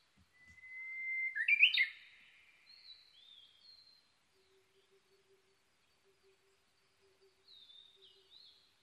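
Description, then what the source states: Japanese bush warbler song: a long, steady whistle slowly rising, then a quick burst of sharp, rising notes, followed by fainter whistled phrases and a soft, low pulsing in the background. Recorded 22 May 2011 at 05:58.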